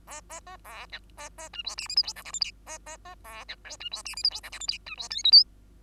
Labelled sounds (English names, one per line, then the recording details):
Bengalese Finch song
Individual Bird2